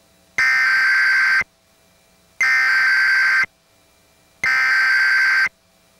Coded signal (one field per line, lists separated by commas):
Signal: Emergency Alert System (SAME) tones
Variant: header bursts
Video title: (SSTEAS REUPLOAD) 10 Years on YouTube - 10 Unique and SCARY Required Weekly Tests